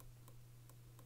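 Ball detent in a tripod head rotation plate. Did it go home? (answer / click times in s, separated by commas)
yes / 0.0 s, 0.3 s, 0.7 s, 1.0 s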